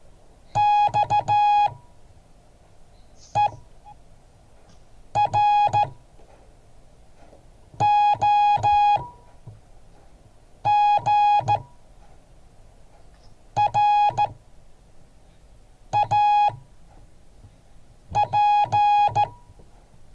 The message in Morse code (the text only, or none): XEROGRAP